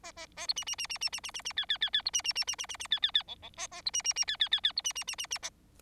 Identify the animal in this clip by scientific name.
Lonchura striata domestica